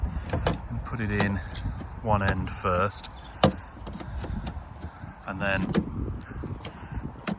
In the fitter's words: what we're listening for is that flick he heard it click and another one both